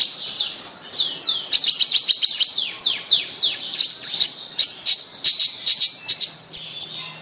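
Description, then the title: Bird song, a fast, lively run of high chirps and downward-sweeping whistles, with sharp ticking notes bursting in after the first second and continuing throughout. "Kicau Burung Yoi"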